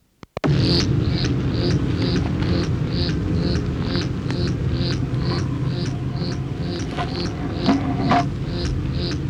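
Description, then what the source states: Black-chinned hummingbird display sounds, a steady series of short buzzy pulses about twice a second over a loud continuous low hum. Male dive display, Encinal Canyon, 22 April 1969.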